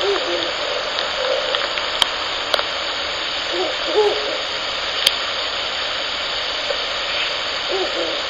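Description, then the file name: Ural owl giving soft, low hoots scattered throughout, partly masked by steady loud hiss and a few sharp clicks. A male and a female. "フクロウ ♂♀"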